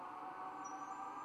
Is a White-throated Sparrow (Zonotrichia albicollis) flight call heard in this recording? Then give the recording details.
no. No flight call is heard. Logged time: 03:34 on 1 December 2014